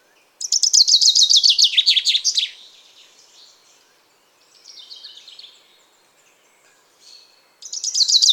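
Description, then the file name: Common chaffinch song: a rattling descending trill with an ending flourish, a pause with faint twittering, then a second phrase starting abruptly at the end. "Fringilla coelebs"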